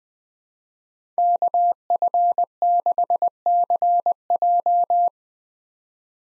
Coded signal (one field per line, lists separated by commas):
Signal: Morse code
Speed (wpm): 21 wpm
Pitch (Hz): 700 Hz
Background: none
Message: KF6CJ